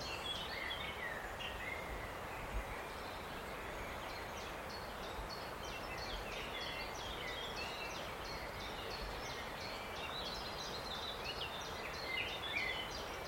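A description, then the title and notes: Birdsong in a wooded Welsh valley, with a redstart and a chorus of chiffchaffs, blackcaps, song thrushes and blackbirds. Many short, bright phrases overlap continuously throughout, while a steady low hiss sits underneath at an even level. A wooded Welsh valley to hear redstarts and song thrushes. The song of one of our migrant birds, the redstart, plus backing singing from chiffchaffs, blackcaps, song thrushes and blackbirds.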